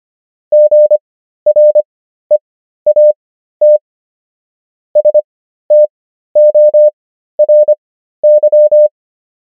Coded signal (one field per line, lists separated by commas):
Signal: Morse code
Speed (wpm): 25 wpm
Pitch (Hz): 600 Hz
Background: none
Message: GREAT STORY